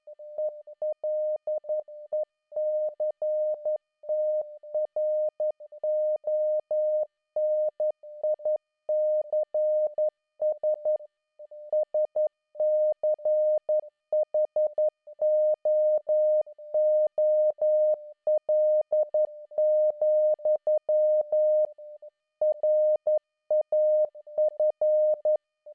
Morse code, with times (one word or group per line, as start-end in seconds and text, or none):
0.4-11.0 ELECTRONICS
11.7-21.7 SCHOOL,
22.4-25.4 RAF